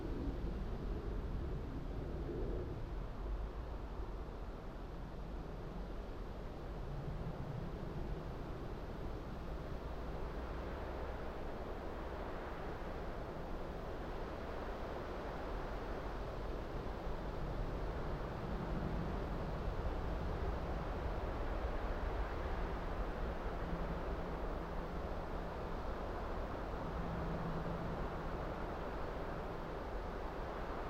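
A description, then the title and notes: A mild breeze moves through an upland fir forest, a steady, dense rush that holds level for the whole stretch with no clear pauses. The sound sits mostly low and full, with a deep rumble underneath and soft swells drifting in and out. Upland fir forest. High, in the remoteness of the Cumbrian hills above Dentdale, with buzzards circling overhead, we found a fir forest. All leaning, slightly, against a mild August breeze. We left the Lento mics alone to capture the undulating sound within the heart of this forest.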